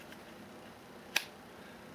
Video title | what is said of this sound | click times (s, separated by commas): Part 1 Ruger LC9 | when you put that gun in there you can actually hear it | 1.2 s